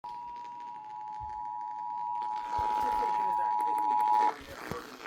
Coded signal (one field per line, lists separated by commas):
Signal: Emergency Alert System (SAME) tones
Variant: 853 and 960 Hz attention tone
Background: speech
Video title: Eas svr on kyaz 51.1 , KUHF 88.7fm and Kube tv 57.1 Eas#1343-1345